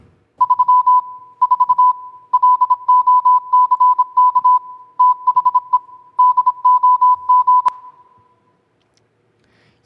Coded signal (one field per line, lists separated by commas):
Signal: Morse code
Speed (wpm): 26 wpm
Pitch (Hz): 1000 Hz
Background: none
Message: 3 4 LOCK THE DOG